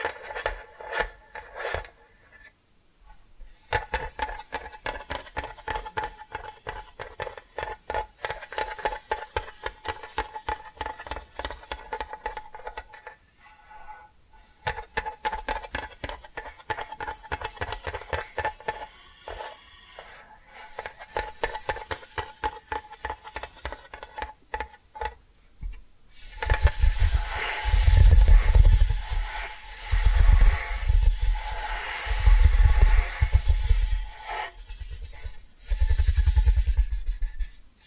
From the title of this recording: Hypnotic Tapping & Scratching Sounds